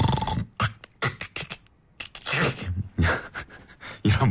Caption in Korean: 좁아진 기도가 떨리면서 드르렁 이러시는 분들 계시죠? 이렇게 이런 소리가 반복적으로 나는 현상이 있습니다. 단순한 잠버릇으로 생각하기 쉽지만 심한 경우 수면 무호흡증과 연결되기도 한다고 합니다. 특히 음주나 피로, 비만 때문에 더 심해질 수 있는 이 수면 중 호흡 소리는. 코골이.